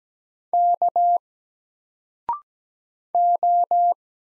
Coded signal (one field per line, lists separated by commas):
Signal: Morse code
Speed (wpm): 17 wpm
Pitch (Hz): 700 Hz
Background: none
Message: K O